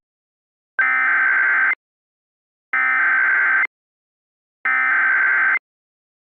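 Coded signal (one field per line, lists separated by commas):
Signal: Emergency Alert System (SAME) tones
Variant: header bursts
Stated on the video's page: Reenactment mock that uses valid EAS tones.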